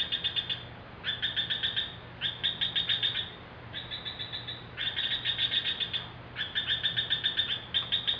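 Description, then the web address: Gecko giving fast trains of sharp clicking chirps, bouts of one to two seconds repeated almost without break, with a faint low hum beneath. Recorded in Palau in 2012. "2012 palau ppr gecko"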